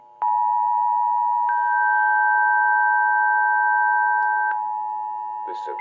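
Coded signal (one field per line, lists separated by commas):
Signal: Emergency Alert System (SAME) tones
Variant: 853 and 960 Hz attention tone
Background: speech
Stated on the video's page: Avalanche Warning sent via IPAWS CAP and relayed through a chain of Sage Digital, DASDEC II-IR and Trilithic EASyPLUS endecs as a demonstration.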